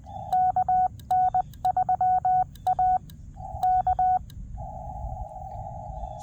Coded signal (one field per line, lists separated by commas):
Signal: Morse code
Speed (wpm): 20 wpm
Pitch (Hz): 740 Hz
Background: none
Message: KN3A K